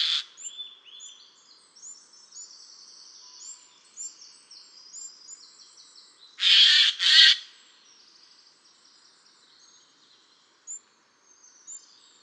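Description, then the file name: Eurasian jay giving two loud, harsh screeches in quick succession, with other small birds singing thin, high twittering phrases before and after. "Garrulus glandarius"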